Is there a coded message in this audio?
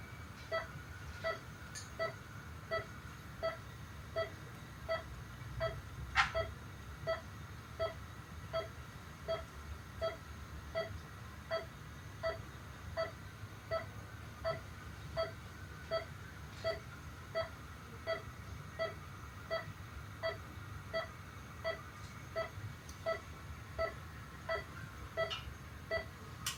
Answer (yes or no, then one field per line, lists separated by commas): no